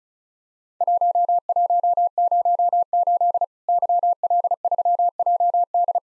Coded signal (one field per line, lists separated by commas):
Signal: Morse code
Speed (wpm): 34 wpm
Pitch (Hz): 700 Hz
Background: none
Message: 1108 YL3JD